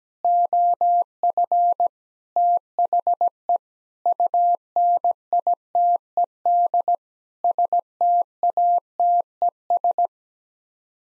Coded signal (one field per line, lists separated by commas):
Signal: Morse code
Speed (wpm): 17 wpm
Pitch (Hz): 700 Hz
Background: none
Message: OF THE UNITED STATES